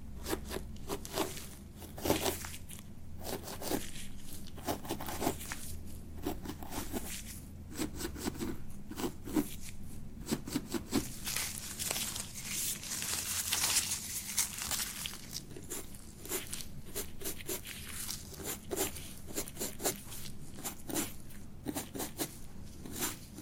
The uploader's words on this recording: ASMR Relaxing Beard Treatment [NO TALKING].